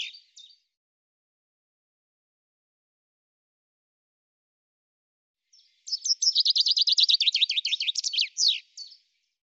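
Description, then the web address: Common chaffinch sings: a short fragment at the start, then several seconds of quiet before a full song of fast descending trills that closes with a flourish. "cianscape birddata Deverinetal 2025 Bird Fr Co Fr Co"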